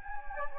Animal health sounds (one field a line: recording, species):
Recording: mosquito wingbeat signal from an infrared sensor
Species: Anopheles gambiae